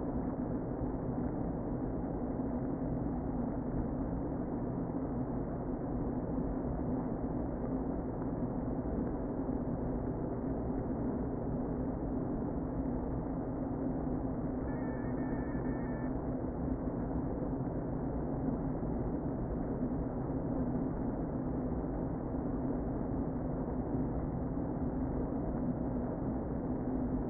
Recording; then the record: honeybee colony, microphone inside the hive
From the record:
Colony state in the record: queen present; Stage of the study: before two queens were removed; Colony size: about 60,000 bees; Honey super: yes